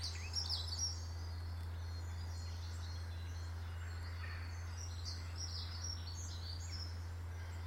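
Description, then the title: Bird song: scattered high chirps and twitters above a loud, steady low hum that continues throughout. Birds in a garden. "Birds Sounds in the Garden"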